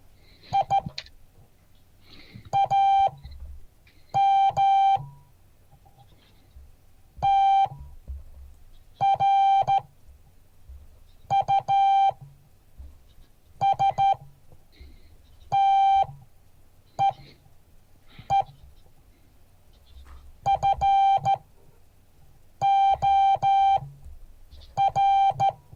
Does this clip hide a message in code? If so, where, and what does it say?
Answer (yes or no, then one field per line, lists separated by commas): yes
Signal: Morse code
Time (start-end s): 0.5-25.5 s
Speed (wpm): 13 wpm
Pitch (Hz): 790 Hz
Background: none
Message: I AM TRUSTEE FOR